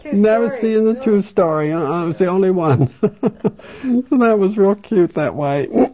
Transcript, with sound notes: Never seen a two-story. Uh-uh. I was the only one. (She laughs.) And that was real cute that way.